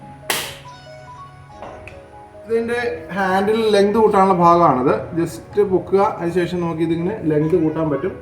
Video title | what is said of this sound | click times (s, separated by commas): 61) 12 Feet Long Hedge Trimmer. ഇനി വളരെ simple ആയി ചെടികൾ വെട്ടി ഭംഗിയാക്കാം. | ഇടുമ്പോൾ തന്നെ ലോക്ക് ആകും | 0.3 s